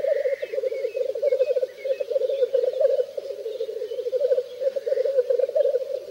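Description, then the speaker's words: Black grouse giving dense, throbbing bubbling calls that run on almost without a break, with a few thin whistled notes from other birds in the background. Lekking males near dawn in forest clearings and cuttings, bubbling and hissing in a tournament of bout after bout; drab females watch from afar; males blue-black with white undertail and red brows. "ближе к рассвету на полянах и лесных вырубках начинают бормотать и чуфыкать косачи. У них идет настоящий турнир, схватка за схваткой."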